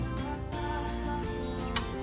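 A torque wrench tightens the top-left bolt on a 1973 Triumph TR6 until it clicks at its setting, confirming the bolt is done. Steady background music plays throughout, and the wrench gives a short, sharp click at 1.8 s.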